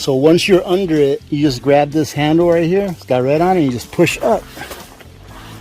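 Someone talks over music while reaching under a chicken coop, grabbing the red-marked leg lock handle on its frame and pushing it up. The clip ends before the handle's latch locks in place; nothing has seated or clicked yet.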